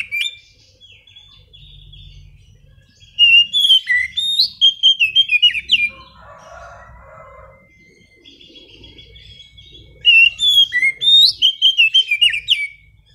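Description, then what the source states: Oriental magpie-robin song: bursts of rapid, loud whistled notes with sharp slurs, with a pause holding a lower buzzy chatter and a thin whistle. Kacer audio used as a lure to get a bird that has stopped singing to start singing again; also serves as master training audio for kacer.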